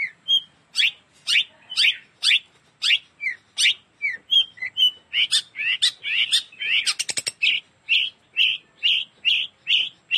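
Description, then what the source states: Long-tailed shrike singing varied high chirps and slurred notes roughly twice per second, with a quick dry clicking rattle near the end before steady repeated phrases. Combination song.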